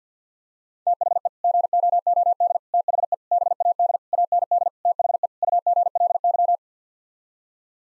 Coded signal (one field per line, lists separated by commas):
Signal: Morse code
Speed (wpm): 50 wpm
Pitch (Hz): 700 Hz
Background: none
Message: THE GOOD THE BAD AND THE UGLY